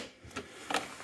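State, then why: Released. A key is turned clockwise in the seat lock of a Honda Navi motorcycle, with faint ticks of the key turning around 0.3–0.4 s. A sharp latch click follows at 0.7 s, releasing the seat latch so the seat is unlatched.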